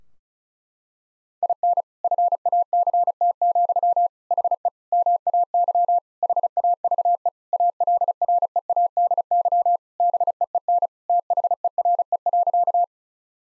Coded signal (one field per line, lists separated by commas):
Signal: Morse code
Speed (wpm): 36 wpm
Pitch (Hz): 700 Hz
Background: none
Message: IN FACT, HE MAY HAVE ALREADY BEEN THERE.